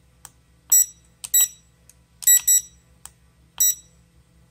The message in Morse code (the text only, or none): none